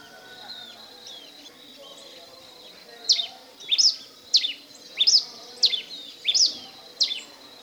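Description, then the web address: Red pileated finch singing: after a quieter start, a series of bright, high, sharply dropping notes at a steady pace over soft background noise. Recorded in Ecuador. "Birds of Ecuador 29 Red Pileated-Finch"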